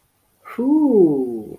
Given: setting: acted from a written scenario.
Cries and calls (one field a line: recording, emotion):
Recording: vocal sound without words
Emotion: negative surprise